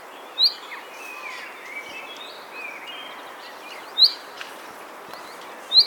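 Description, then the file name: Common chaffinch giving three sharp, high call notes at uneven intervals over soft background chirping. "Fringilla coelebs"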